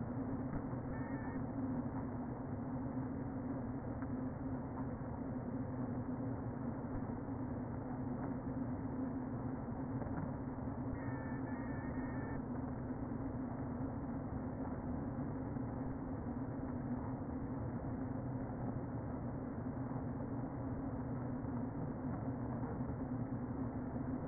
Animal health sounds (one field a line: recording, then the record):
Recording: honeybee colony, microphone inside the hive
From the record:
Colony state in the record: queen present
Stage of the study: before two queens were removed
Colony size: about 60,000 bees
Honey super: yes